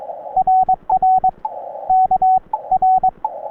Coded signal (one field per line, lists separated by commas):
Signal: Morse code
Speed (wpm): 22 wpm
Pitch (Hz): 750 Hz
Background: radio noise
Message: RR KR